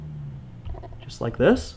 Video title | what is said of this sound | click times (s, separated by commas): How to INSTALL LED SIGNAL LIGHT KIT Ski-Doo Rev Gen4 2017-2022 | doesn't click but it's in two | none